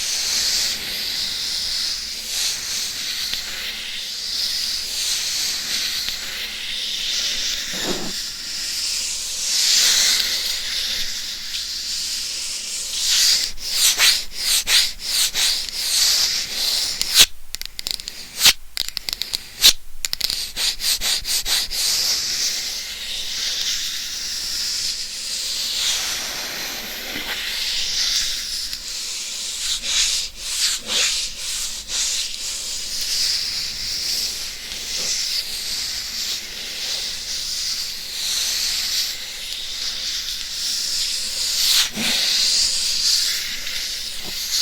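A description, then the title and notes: Scratching against a binaural mic: a continuous bright, hissy rasp runs the full 45 seconds, swelling and easing in slow waves. Sharp clicks and scrapes break through in clusters, densest around 13–20 seconds and again near 30–33 seconds, with little low-end sound. Binaural Mic Scratching.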